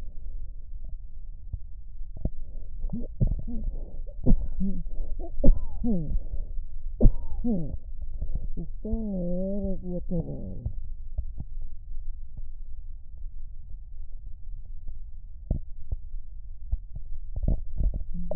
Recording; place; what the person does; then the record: lung sounds by stethoscope; right posterior basal chest; quiet breathing, then cough and speech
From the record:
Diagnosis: interstitial lung disease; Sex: female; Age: 74 years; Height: 150 cm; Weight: 69.8 kg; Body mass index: 31.0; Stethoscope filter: extended mode